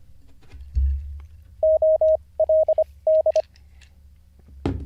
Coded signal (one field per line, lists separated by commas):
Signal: Morse code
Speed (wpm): 25 wpm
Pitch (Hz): 630 Hz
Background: none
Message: OLD